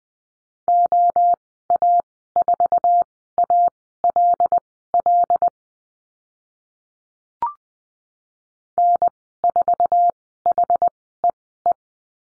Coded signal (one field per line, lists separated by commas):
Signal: Morse code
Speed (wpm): 20 wpm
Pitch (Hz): 700 Hz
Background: none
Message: OA4ALL N4HEE